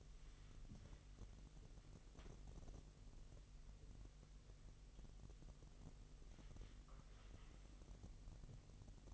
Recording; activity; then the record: daily activity, microphone in the room; wipe stove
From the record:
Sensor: 4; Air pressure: 1001.7 hPa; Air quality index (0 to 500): 246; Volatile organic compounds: 39 ppm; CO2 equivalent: 3135 ppm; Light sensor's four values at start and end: 8/18/7/6 and 8/18/7/6